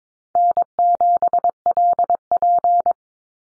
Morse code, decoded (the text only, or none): N7LP